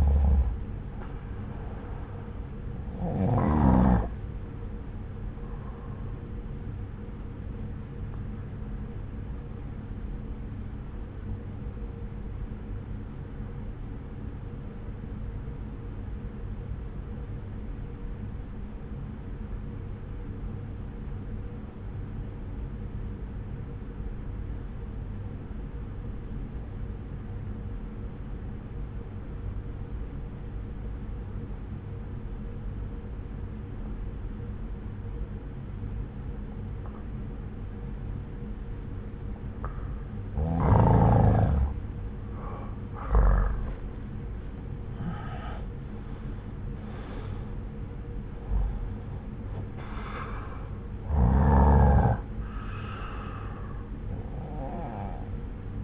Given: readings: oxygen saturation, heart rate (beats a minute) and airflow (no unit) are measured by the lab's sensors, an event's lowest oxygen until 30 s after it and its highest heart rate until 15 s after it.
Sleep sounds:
breathing in sleep by a smartphone at the bedside; 1
9.00-40.80 s: obstructive apnea (N1, oxygen 95% highest, then 86% lowest)
20.00-50.00 s: new sleep stage, N2 (light sleep)
50.00-55.84 s: new sleep stage, N1 (lightest sleep)
From the record:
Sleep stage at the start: N1 (lightest sleep); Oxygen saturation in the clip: 87 to 95%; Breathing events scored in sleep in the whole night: 303 in 8.1 hours asleep

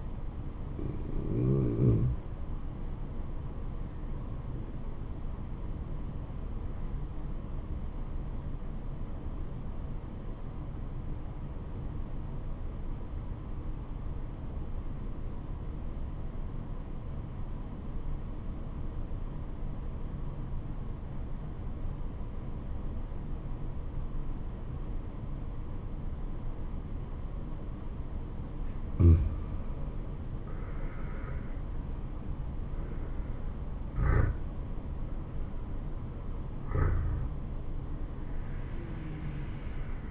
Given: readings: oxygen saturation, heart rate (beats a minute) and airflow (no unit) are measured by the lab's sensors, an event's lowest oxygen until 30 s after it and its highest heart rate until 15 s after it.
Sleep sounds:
breathing in sleep by a smartphone at the bedside; 1
5.00-31.40 s: obstructive apnea (N2, oxygen 96% highest, then 82% lowest, heart rate 73 at the start, 75 highest)
From the record:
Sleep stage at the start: N2 (light sleep); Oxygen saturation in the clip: 85 to 96%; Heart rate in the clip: 64 to 75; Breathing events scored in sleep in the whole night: 426 in 7.4 hours asleep

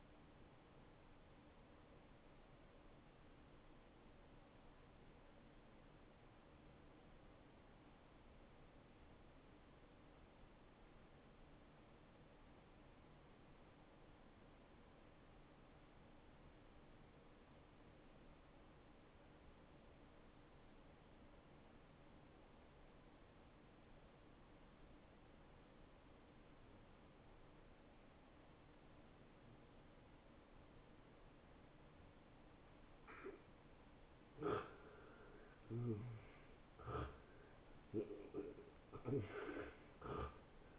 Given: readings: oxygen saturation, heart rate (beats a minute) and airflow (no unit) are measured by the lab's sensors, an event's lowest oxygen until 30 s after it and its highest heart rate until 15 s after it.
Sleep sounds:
breathing in sleep by a voice recorder at the bedside; 1
3.00-30.60 s: obstructive apnea (N1, oxygen 94% highest, then 85% lowest)
7.00-37.00 s: new sleep stage, N2 (light sleep)
37.00-40.79 s: new sleep stage, N1 (lightest sleep)
From the record:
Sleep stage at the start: N1 (lightest sleep); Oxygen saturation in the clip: 85 to 94%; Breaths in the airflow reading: 3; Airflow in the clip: -15.7 to 9.3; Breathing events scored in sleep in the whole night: 263 in 5.5 hours asleep

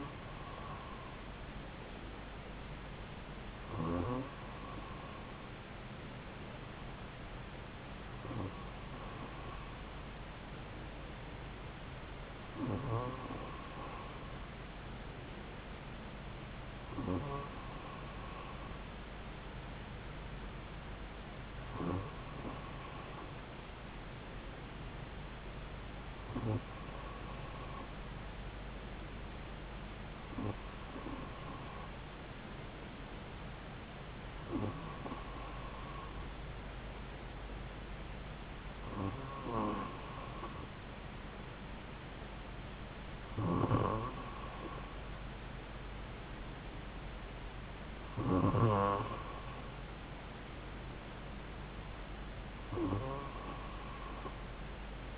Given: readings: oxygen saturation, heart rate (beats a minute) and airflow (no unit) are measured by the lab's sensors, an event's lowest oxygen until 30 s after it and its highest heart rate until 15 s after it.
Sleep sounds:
breathing in sleep by a voice recorder at the bedside; none
none scored
From the record:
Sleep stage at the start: N2 (light sleep); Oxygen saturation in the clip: 94 to 95%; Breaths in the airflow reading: 13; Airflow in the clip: -2.8 to 2.6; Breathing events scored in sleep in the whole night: 270 in 6.1 hours asleep

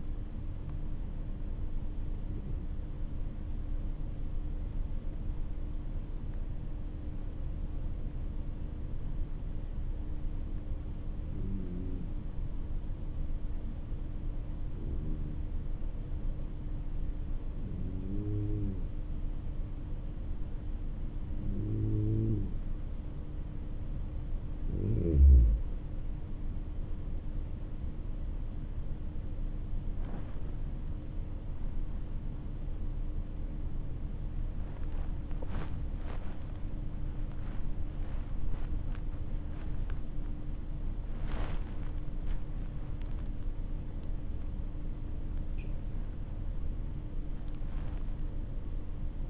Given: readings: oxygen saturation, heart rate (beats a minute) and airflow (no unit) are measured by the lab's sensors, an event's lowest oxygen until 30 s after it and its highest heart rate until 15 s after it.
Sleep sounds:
breathing in sleep by a smartphone at the bedside; 1
3.00-37.10 s: hypopnea (N1, oxygen 96% highest, then 95% lowest, heart rate 52 at the start, 77 highest)
13.00-43.00 s: new sleep stage, N2 (light sleep)
43.00-49.30 s: new sleep stage, N1 (lightest sleep)
From the record:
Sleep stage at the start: N1 (lightest sleep); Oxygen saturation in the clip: 95 to 96%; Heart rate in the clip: 50 to 75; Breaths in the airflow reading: 11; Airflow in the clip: -7.6 to 9.8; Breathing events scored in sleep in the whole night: 304 in 5.6 hours asleep

